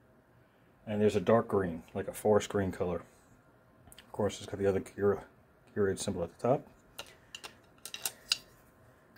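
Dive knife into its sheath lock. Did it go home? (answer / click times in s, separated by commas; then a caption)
yes / 8.3 s. Someone talks while a Gear Aid Tanu dive knife blade is slid into its plastic sheath, with a few light plastic clicks and rattles from about 7.0 s. At 8.3 s the sheath's locking tab catches the blade with a sharp audible click. The knife is seated and stays in.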